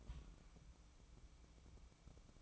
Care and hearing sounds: daily activity, microphone in the room; place on stove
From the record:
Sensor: 1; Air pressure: 1008.1 hPa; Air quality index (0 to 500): 132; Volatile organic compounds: 2 ppm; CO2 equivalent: 1113 ppm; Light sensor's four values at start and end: 8/18/7/8 and 8/18/7/8

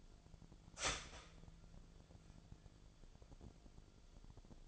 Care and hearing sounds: daily activity, microphone in the room; start toaster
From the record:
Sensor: 5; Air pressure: 1009.4 hPa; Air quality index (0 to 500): 170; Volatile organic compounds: 4 ppm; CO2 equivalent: 1641 ppm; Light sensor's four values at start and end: 90/238/97/102 and 90/238/97/102

